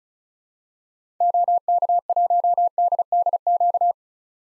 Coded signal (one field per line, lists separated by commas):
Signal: Morse code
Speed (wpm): 36 wpm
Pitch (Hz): 700 Hz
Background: none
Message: OK1DDQ